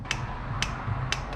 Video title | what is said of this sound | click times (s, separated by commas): Will it run?!? First start attempt. 1977 Datsun 620. | 3 clicks there. Hop caddy corner. | 0.1 s, 0.6 s, 1.1 s